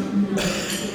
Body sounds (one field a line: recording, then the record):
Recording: coughing mixed with background sound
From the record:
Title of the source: Wet Throat Infection Cough